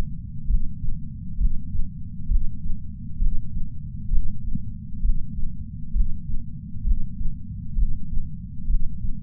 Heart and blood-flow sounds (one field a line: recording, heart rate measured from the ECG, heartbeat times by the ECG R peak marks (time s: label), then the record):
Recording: heart sounds by patch sensor on the chest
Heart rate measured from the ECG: 66 bpm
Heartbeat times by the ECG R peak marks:
0.46 s: heartbeat
1.37 s: heartbeat
2.28 s: heartbeat
3.18 s: heartbeat
4.10 s: heartbeat
5.01 s: heartbeat
5.92 s: heartbeat
6.84 s: heartbeat
7.75 s: heartbeat
8.66 s: heartbeat
From the record:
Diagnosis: coronary artery disease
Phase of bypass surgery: intraoperative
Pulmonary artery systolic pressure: 24 mmHg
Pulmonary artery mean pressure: 16 mmHg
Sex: male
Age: 58 years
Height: 170 cm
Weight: 80 kg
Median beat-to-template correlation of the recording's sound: 0.91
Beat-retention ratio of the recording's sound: 0.99